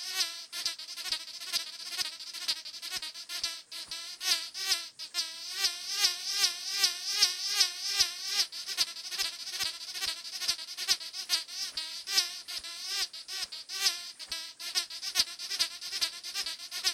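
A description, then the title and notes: A toy squeaker swung on a fishing line gives off a continuous, shrill, buzzing squeal whose pitch wobbles rapidly up and down in quick, fairly regular pulses. It is bright, with a reedy, insect-like whine, and keeps going for the whole stretch. SQUEAKER On A String. Put something on a string and twirl it in front of a microphone to see if it'll whoosh. A squeaker (as you would find in a giggle tube or a stuffed animal), on some monofilament fishing line (not the best choice as monofilament is kind of whistle-y).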